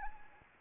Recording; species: mosquito wingbeat signal from an infrared sensor; Anopheles arabiensis